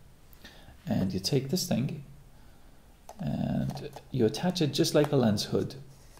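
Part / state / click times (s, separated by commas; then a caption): wide-angle converter onto the lens hood bayonet of a zoom lens / not seated / none. A wide-angle converter is handled as it is fitted onto the lens-hood bayonet at the front of an Olympus 14-42mm kit zoom lens, twisted on like a lens hood. Someone talks throughout, with faint brief handling ticks around 0.3 s, 0.5 s and 3.1 s. Nothing has seated or clicked yet.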